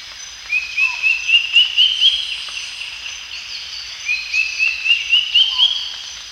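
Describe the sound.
Drongo-cuckoo song: two rising series of about seven sharp whistled notes each, climbing in pitch step by step, separated by a pause of about two seconds.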